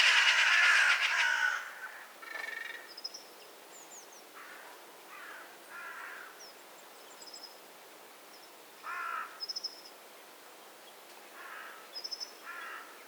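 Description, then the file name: Eurasian magpie giving a loud rasping burst at the start, then softer scattered harsh calls, with thin high whistles throughout. "Pica pica"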